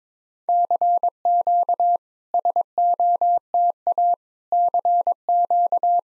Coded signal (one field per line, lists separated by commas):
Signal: Morse code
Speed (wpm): 22 wpm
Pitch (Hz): 700 Hz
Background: none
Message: CQ SOTA CQ